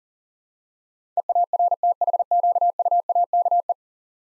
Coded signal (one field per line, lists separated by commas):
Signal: Morse code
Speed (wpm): 40 wpm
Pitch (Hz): 700 Hz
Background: none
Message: EARTHQUAKE